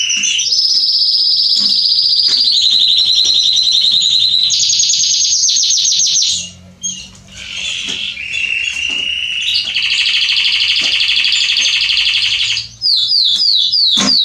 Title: Canary Training. Esquente Seu Filhote E Canario Belga Macho Cantando Muito. CANTO DO CANRIO